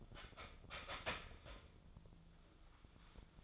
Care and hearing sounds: daily activity, microphone in the room; start toaster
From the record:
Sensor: 5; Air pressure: 1009.3 hPa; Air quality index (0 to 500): 169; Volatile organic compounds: 4 ppm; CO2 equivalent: 1638 ppm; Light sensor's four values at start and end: 89/235/96/101 and 89/235/96/101

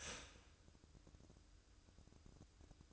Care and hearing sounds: daily activity, microphone in the room; start toaster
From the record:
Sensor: 2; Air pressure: 1007.0 hPa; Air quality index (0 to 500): 38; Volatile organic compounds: 1 ppm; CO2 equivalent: 535 ppm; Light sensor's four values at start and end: 6/13/5/5 and 6/13/5/5

